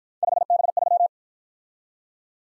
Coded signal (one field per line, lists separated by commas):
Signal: Morse code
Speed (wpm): 51 wpm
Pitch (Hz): 700 Hz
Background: none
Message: 5B3